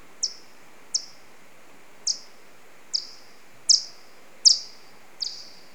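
Alcathoe bat echolocation calls: seven crisp, downward-sliding clicks at slightly uneven intervals, the later ones louder, against a quiet hiss.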